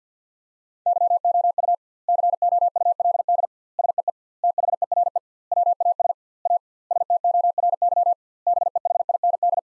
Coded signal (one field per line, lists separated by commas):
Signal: Morse code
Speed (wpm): 45 wpm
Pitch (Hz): 700 Hz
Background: none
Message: YOU COULD SEE THERE WAS A STORY BEHIND